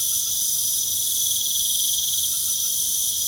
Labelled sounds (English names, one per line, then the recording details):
none
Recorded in pastures near Puerto Asís, Putumayo, Colombia, on 29 June 2025 at 20:30
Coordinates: 0.497, -76.327
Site G040